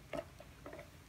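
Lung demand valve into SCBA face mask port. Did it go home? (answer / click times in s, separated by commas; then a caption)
yes / 0.1 s. During a monthly SCBA check, the lung demand valve (regulator) is pushed into the port of an SCBA face mask to test the connection. A sharp click at 0.1 s marks it seating, followed by a softer sound around 0.7 s. The regulator is confirmed seated in the mask port, and it should feel tight.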